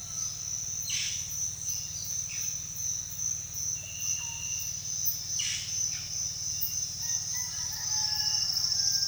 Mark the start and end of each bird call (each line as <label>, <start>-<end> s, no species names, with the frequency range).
bird call (1.5-5.8 kHz), 0.69-2.55 s
bird call (0.7-2.1 kHz), 3.96-4.48 s
bird call (1.3-6.1 kHz), 5.26-6.10 s
bird call (0.5-4.2 kHz), 6.94-9.07 s